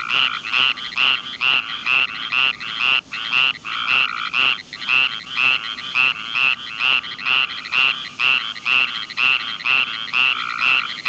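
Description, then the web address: Tree frog calls: loud, regular pulsed notes repeated about twice a second, steady throughout. "frogs Family Hylidae"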